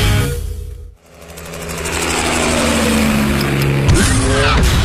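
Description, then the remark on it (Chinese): A sports car's all-aluminium V8 petrol engine, with all-wheel drive and a top speed over 300 km/h, roars and revs, dropping out briefly near the start before building into a loud, sustained growl whose pitch climbs steadily, with another sharp rev near the end. “车身线条大胆前卫，配备 V8 引擎，全14驱系统，全铝汽油发动机，最高时速超过每小时300公里。”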